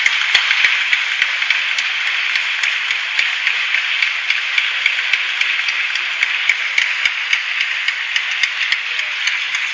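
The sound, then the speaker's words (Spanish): Sustained applause from a crowd for the invited speakers, a dense, steady wash of many hands clapping with sharp individual claps popping out, holding at an even, fairly loud level throughout with no talking. “Espero no haberos aburrido con esta intervención y bueno, pues que disfrutéis realmente de ellos, que son los que se merecen el aplauso que yo os pido ahora para ellos.”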